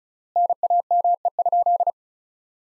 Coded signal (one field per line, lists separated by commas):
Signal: Morse code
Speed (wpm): 36 wpm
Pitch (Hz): 700 Hz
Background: none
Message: NAME?